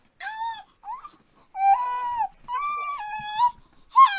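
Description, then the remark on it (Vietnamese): A baby that had just fallen asleep suddenly cries loudly in a series of high-pitched, drawn-out wails, about four strained bursts separated by short gasping pauses, with no talking. “Đột nhiên cục cưng vừa mới ngủ yên lại khóc thét lên.”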